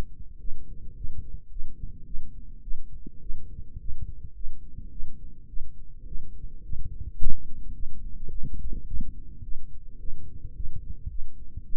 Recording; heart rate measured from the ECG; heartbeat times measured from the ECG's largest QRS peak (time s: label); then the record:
heart sounds by microphone in the right ear; 107 bpm
0.39 s: heartbeat
0.95 s: heartbeat
1.50 s: heartbeat
2.05 s: heartbeat
2.62 s: heartbeat
3.21 s: heartbeat
3.79 s: heartbeat
4.34 s: heartbeat
4.91 s: heartbeat
5.48 s: heartbeat
6.06 s: heartbeat
6.63 s: heartbeat
7.18 s: heartbeat
7.74 s: heartbeat
8.30 s: heartbeat
8.87 s: heartbeat
9.43 s: heartbeat
9.99 s: heartbeat
10.54 s: heartbeat
11.09 s: heartbeat
11.64 s: heartbeat
From the record:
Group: healthy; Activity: rest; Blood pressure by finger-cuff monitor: 120/66 mmHg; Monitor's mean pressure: 83 mmHg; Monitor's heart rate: 107 bpm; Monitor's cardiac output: 9.1 L/min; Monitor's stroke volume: 86 mL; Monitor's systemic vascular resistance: 650 dyn s/cm5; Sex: female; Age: 22 years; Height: 163 cm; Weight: 67.1 kg